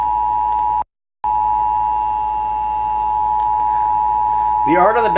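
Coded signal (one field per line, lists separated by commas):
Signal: Emergency Alert System (SAME) tones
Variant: 853 and 960 Hz attention tone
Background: speech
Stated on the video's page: Flash flood and severe thunderstorm warnings relayed on NOAA Weather Radio station and broadcast station.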